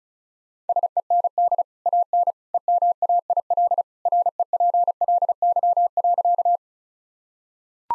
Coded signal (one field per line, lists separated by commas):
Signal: Morse code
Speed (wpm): 34 wpm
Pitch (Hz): 700 Hz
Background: none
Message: SEND AN EMAIL REPLY.